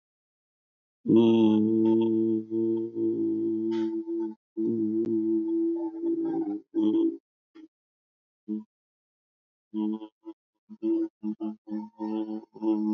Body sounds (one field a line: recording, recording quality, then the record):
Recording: sustained vowel as in boot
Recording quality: excellent, no background noise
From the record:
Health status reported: healthy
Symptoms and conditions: none ticked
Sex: male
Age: 60 years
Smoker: not ticked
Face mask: worn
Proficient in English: yes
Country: India